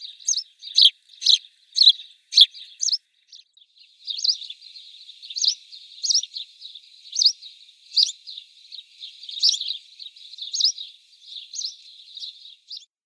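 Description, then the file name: House sparrow chirping, a steady run of bright, slightly rough cheep notes repeated about twice a second, with brief pauses between loose clusters; no other sounds stand out. "Passer domesticus"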